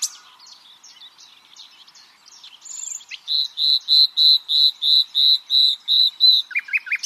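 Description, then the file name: Common nightingale song: a quiet twittering start, then a loud regular series of many identical notes, about three per second, ending with quick low chirps. "Luscinia megarhynchos"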